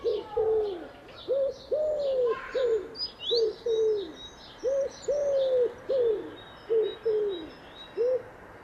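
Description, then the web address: Bird giving low, soft cooing calls in short repeated phrases, some notes paired, with faint high chirps from other birds behind. "Bird Only"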